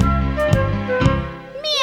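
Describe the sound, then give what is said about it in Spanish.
A voice imitates a cat meowing in the kitchen, giving a long, drawn-out meow with harmonic wavering pitch, punctuated by two brief sharp accents and ending on a rising, higher-pitched tail. “Imitemos la gata de Doña Emelina, la que maulla en la cocina.”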